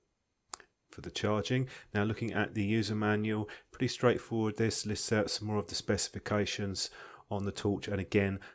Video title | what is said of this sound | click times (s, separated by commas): Olight S30R Baton III (1050lm): Review | I'm just showing the torch how it snaps into place on that for | 0.5 s